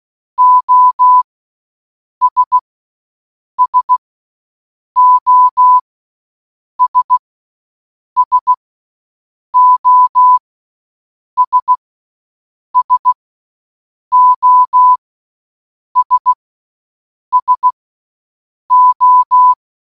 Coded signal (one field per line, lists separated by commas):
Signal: Morse code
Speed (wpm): 16 wpm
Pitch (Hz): 1000 Hz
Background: none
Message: OS SOS SOS SOS SO